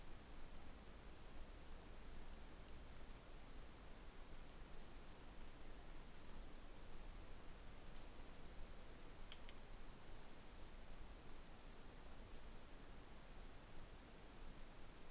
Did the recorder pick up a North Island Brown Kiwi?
no